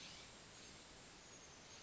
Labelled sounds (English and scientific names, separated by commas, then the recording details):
California Scrub-Jay (Aphelocoma californica)
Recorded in Sonoma County, California